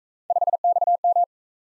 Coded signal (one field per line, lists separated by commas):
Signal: Morse code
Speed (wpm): 40 wpm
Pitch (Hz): 700 Hz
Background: none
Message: 5XM